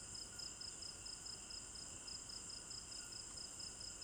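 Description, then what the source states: Crickets chirping in steady, rapid high pulses over a constant shrill insect hum, with faint low background noise. Crickets chirping at night in a village garden in Africa; stereo binaural recording.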